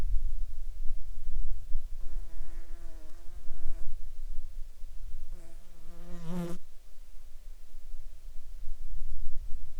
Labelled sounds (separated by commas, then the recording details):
insects
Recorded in the Arctic National Wildlife Refuge, Alaska, on 31 July 2019 at 07:45
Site 39